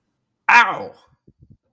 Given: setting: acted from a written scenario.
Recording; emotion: vocal sound without words; pain